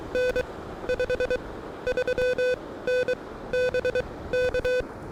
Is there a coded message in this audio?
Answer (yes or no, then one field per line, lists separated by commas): yes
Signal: Morse code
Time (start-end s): 0.1-4.8 s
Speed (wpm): 23 wpm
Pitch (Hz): 500 Hz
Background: none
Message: N 53N BK